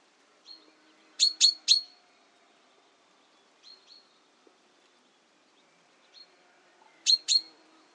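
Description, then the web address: Common chaffinch uttering clipped, high-pitched notes, a loud triplet early on, softer single and paired notes in between, and a final close pair. "Deverinetal 2025 File origin Bird Only Fr Co"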